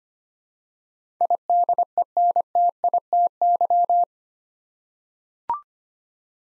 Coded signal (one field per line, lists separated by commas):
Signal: Morse code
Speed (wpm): 25 wpm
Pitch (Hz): 700 Hz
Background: none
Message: IDENTITY